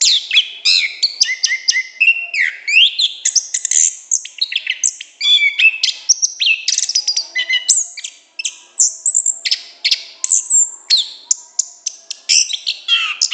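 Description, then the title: Orange-headed thrush song: a rapid, varied stream of sweet whistles, sharp chips and buzzy trills, phrases tumbling together with barely a pause, high and bright throughout. Described in Indonesian bird-keeping terms as singing continuously (gacor) with a loud, open voice (ngeplong). "Anis Kembang Gacor Ngeplong Istimewa Suara Burung"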